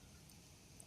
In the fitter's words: தள்ளுனீங்கன்னா lock ஆகுற sound நல்லாவே கேட்கும் நல்லா உட்கார்ந்த பின்னாடி அதுக்கு அடுத்தது போர்க் பைப்